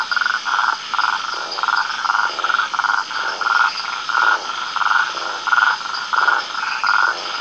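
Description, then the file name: Caldwell's toad croaking in a regular series of short, buzzy pulses, sustained throughout with slight variation in loudness. "Rhinella castaneotica"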